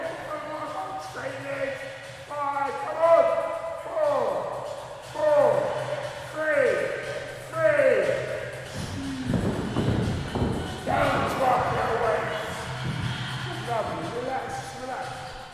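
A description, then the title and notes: A gym class, with an instructor's voice calling out in short bursts. Around the middle a dull thudding and clatter of movement swells up, then the voice returns over a low steady hum. Field recording of a Bloomsbury Fitness gym class. In stereo on Zoom H4N. Footsteps, brief moments of conversations and the hum of air conditioning in the background.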